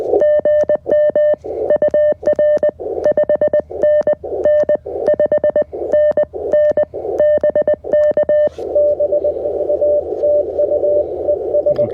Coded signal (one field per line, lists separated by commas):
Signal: Morse code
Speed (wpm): 20 wpm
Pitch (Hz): 600 Hz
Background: none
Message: GM UR 5NN 5NN BK B A TU ES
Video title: QRP CW POTA Activation at Eisenhower State Park | CFT1 + KJ6ER Challenger OCF Dipole